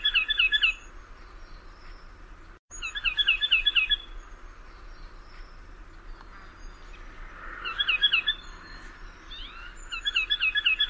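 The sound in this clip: Bird calling in short bursts of quick, bright chirping notes, each burst lasting about a second and recurring every few seconds, with soft background hiss.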